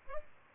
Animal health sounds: mosquito wingbeat signal from an infrared sensor; Aedes albopictus

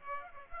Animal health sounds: mosquito wingbeat signal from an infrared sensor; Aedes aegypti

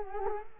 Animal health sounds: mosquito wingbeat signal from an infrared sensor; Culex quinquefasciatus

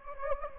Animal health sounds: mosquito wingbeat signal from an infrared sensor; Anopheles gambiae

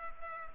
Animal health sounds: mosquito wingbeat signal from an infrared sensor; Culex pipiens

